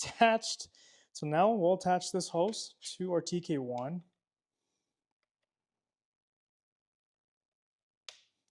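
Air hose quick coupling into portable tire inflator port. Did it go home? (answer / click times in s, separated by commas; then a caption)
yes / 8.1 s. Someone talks for about four seconds about attaching the air hose, followed by near silence. At 8.1 s a single short, sharp click sounds as the air hose's quick coupling is pushed onto the port of a LasFit Air TK1 portable tire inflator, used on a 2020 Subaru Crosstrek. The coupling locks and seats in the port.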